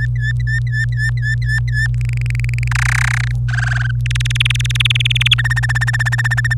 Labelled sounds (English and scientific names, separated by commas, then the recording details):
Domestic Canary (Serinus canaria) song
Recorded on 26 April 2018 at 05:58
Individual llb3